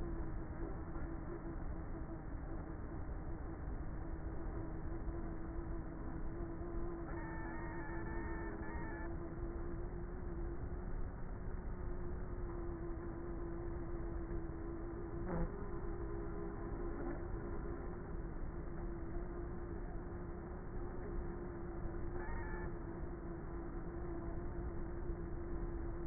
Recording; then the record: honeybee colony, microphone inside the hive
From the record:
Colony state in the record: queenless with a low population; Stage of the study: before two queens were removed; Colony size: about 30,000 bees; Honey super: no